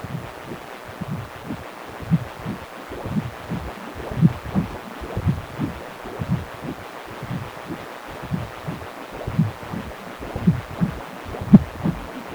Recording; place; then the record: Doppler ultrasound of blood flow; precordium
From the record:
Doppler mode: continuous wave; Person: healthy adult, 18 to 50 years, no heart murmur, not diving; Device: 2.5 MHz transducer